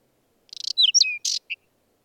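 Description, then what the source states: Whinchat song phrase: a fast dry rattle leads into a few clear whistled notes, a harsh buzzy note and a final short note. Recorded in the mountains.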